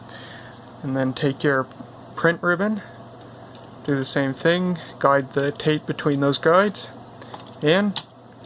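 Someone talks while handling the plastic print ribbon cartridge of a 1988 Smith-Corona CXL 4200 electronic typewriter, guiding its tape between the guides to push it into the ribbon carrier over a steady low hum. The clip ends before the cartridge goes home, so nothing has seated or clicked yet.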